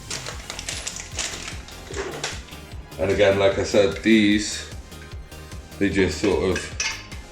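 A monitor arm piece is handled at a HUANUO dual monitor mount, about to slide into the monitor mount, while someone talks. Light metallic taps and clinks come at about 0.5, 0.6, 0.7, 0.9, 1.0 and 2.2 seconds. Nothing has seated or clicked yet.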